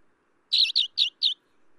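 Alpine accentor giving four fast chirps in a tight run, against a quiet background.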